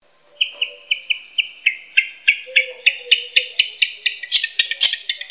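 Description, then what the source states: Long-tailed shrike song, a quick series of clear whistled notes that shift in pitch, ending in harsher, buzzier phrases, with faint clicks. Combination training song (masteran) of the long-tailed shrike.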